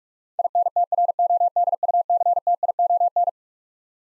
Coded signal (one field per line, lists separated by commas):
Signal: Morse code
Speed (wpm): 42 wpm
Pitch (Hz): 700 Hz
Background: none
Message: INTRODUCTION